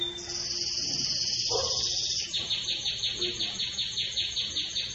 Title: Canto Canário Belga Campainha Puro Com Pausa Para Treinamento